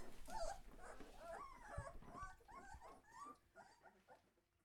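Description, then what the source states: Leonberger pups whining softly, a few wavering cries that fade toward the end, with low thumps underneath. Young Leonberger dogs.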